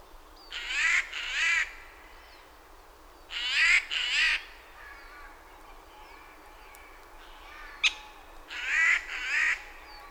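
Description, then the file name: Eurasian jay giving harsh, rasping screeches, each a doubled burst, repeated three times across about ten seconds, with a brief sharp tick before the last. "Garrulus glandarius"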